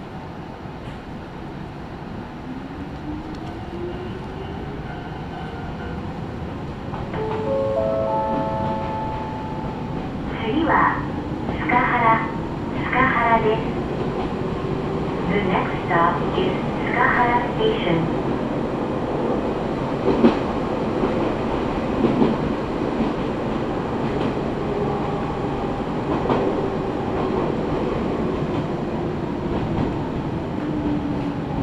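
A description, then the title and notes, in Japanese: A train on the Izuhakone Railway Daiyūzan Line rumbles steadily along with rising and falling motor whine, rattling wheels, and squealing brakes near the end. 伊豆箱根鉄道 大雄山線 穴部→塚原→五百羅漢。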